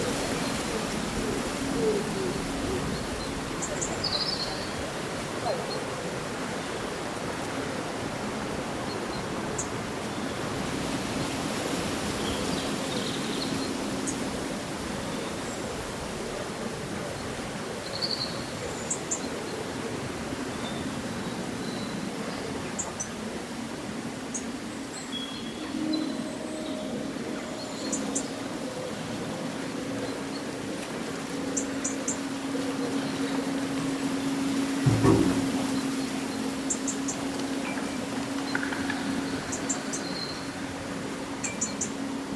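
Leaves rustle in a steady, dense hiss, with sparse short bird chirps, a low constant hum underneath, and one sharp knock near thirty-five seconds.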